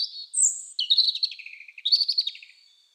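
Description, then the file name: European robin singing a continuous run of high sweet whistles, a thin piercing note, then quick tumbling trills sliding downward, all in a clean quiet background. "Erithacus rubecula"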